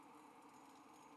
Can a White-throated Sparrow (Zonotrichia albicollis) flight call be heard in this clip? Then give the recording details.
no. No flight call is heard. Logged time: 03:35 on 5 December 2014